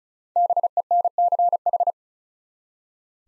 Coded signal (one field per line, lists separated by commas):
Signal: Morse code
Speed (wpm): 36 wpm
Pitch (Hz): 700 Hz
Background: none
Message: BENCH